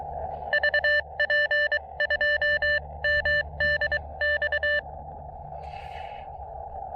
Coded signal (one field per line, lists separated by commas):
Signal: Morse code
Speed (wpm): 23 wpm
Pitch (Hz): 1800 Hz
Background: none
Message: VP2MDX